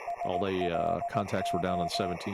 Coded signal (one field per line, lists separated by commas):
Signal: Morse code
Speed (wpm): 18 wpm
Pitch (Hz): 690 Hz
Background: speech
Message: SLO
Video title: 5/11/26 Live WV3V - FTDX-10, HF, VHF, CW , FT8, ADS-B